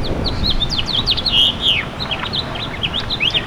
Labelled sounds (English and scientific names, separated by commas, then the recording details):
House Finch (Haemorhous mexicanus) song
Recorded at Bay Shore on Long Island, New York, on 29 May 2013
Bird G